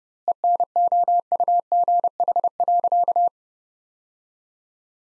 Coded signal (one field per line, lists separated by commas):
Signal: Morse code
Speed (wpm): 32 wpm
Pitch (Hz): 700 Hz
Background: none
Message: ENOUGH.